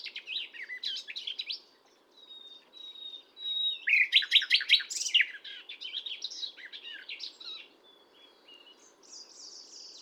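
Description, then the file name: Common nightingale song, a run of varied high chirps and whistles with a loud burst of rapid repeated notes midway, over a steady low background hum. "Luscinia megarhynchos"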